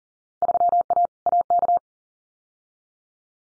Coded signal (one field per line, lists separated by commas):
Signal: Morse code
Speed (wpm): 40 wpm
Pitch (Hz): 700 Hz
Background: none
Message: 3A AK